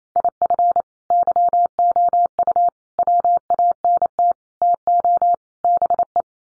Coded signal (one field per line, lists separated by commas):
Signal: Morse code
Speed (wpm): 28 wpm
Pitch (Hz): 700 Hz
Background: none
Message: IF YOU WANT TO BE